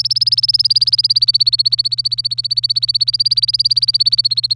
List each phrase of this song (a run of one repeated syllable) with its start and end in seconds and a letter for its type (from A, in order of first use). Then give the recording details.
0.00-4.56 A. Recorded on 27 April 2018 at 12:54. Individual llb3